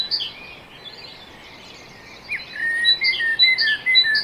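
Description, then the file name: Great tit sounds: a few soft notes, then clearer chirps and short whistled notes come quickly in the last two seconds. "Parus major"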